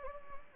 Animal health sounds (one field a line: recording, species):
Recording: mosquito wingbeat signal from an infrared sensor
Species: Anopheles gambiae